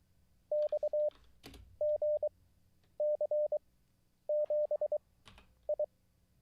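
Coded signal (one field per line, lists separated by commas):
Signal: Morse code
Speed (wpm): 23 wpm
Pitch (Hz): 600 Hz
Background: none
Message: XGC7I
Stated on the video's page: Live Morse code practice after a week-long break.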